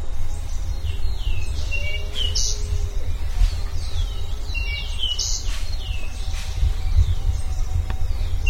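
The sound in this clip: Bird calls: short high whistled notes and downward-sweeping chirps in repeated clusters over steady low rumbling background noise.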